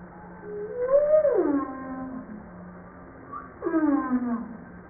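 Humpback whale calls: a long moan that rises and then falls in a smooth glide, followed by a shorter downsweep, with a steady low hum.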